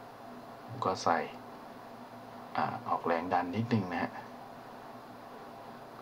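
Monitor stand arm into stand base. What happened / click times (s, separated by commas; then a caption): No seating click while the part is pushed and positioned / none. Someone talks while lining up the arm of an LG 29UM57 ultrawide monitor stand with the groove in the stand base, pushing a little and feeling for the right position before it locks. Speech bursts come around 0.8–1.3 s and 2.6–4.1 s over a low steady background. Nothing has seated or clicked yet.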